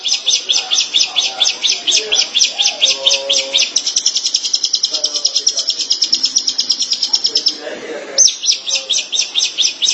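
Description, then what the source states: Long-tailed Shrike song: continuous fast, buzzy rattling notes throughout, briefly interrupted near eight seconds, with faint softer sounds underneath. Local Indonesian name 'pentet'; recording labelled 201703.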